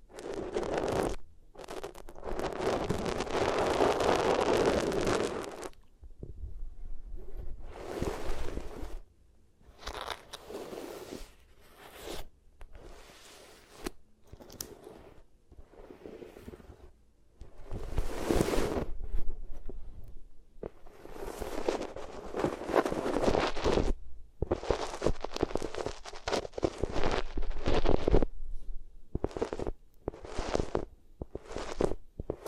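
Materials are rubbed against the ears in uneven bursts of rustling and scraping, separated by brief silences, with longer dense stretches near the start and end.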